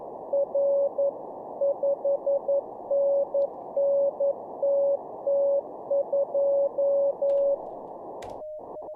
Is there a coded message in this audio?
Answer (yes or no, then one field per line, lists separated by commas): yes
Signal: Morse code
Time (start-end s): 0.3-7.5 s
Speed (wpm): 11 wpm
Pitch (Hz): 560 Hz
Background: none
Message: R 5NNTT2